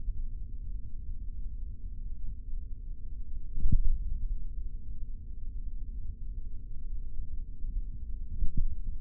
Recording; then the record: forearm muscle sounds (acoustic myography)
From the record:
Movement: finger pinch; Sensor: system 3, bracelet of six PUI Audio POM-2738L microphones around the upper forearm, with dedicated amplification and filtering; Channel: 3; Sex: male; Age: 26 years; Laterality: right